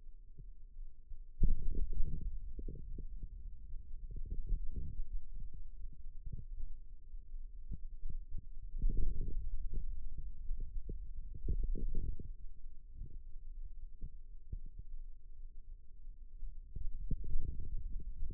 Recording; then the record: forearm muscle sounds (acoustic myography)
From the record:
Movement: radial deviation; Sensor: system 2, bracelet of six BSWA MPA416 microphones around the upper forearm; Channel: 4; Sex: male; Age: 22 years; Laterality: right